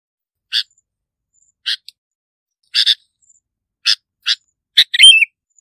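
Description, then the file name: Bulbul giving a series of short, harsh chip notes, ending in a quick warbled whistle. "Tieng chao mao bong lau"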